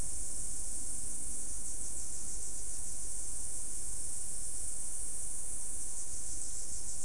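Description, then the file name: Insect chorus: a steady, unbroken high hiss-like buzz continuing throughout, with a faint low rumble beneath. "mainly insect"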